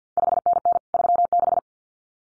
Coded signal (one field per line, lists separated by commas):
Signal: Morse code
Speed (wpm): 50 wpm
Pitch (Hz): 700 Hz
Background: none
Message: 5NN 36